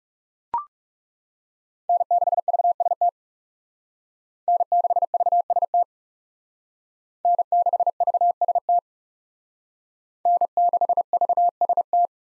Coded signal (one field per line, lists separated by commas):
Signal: Morse code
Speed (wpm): 38 wpm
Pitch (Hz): 700 Hz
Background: none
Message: N6VST N6VST N6VST N6VST